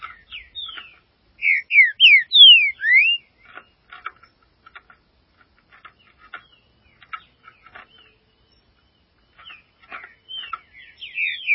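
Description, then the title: Green-winged saltator song: a loud phrase of five slurred whistles, rising and falling, about two seconds long, with fragments at start and end and soft clicking notes between. "Trinca Ferro"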